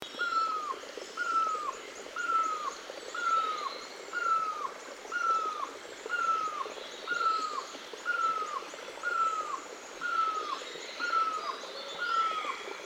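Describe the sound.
Eagle call: one downslurred whistled note repeated steadily about once a second, thirteen times in all, over a hissing background.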